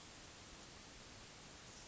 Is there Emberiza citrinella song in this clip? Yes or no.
no